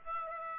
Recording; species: mosquito wingbeat signal from an infrared sensor; Aedes aegypti